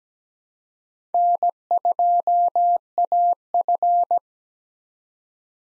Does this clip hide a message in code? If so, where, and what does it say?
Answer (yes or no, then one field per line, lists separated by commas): yes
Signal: Morse code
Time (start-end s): 1.1-4.2 s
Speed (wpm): 17 wpm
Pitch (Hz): 700 Hz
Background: none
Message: N2AF